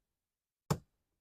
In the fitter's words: You hear it pop.